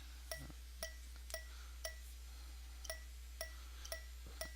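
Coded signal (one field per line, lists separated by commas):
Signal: tap code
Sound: about nine evenly spaced metallic clinking taps, roughly two per second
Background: low hum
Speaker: we're gonna play the part of the fuser and we're going to count out how many tabs or between each gap here we go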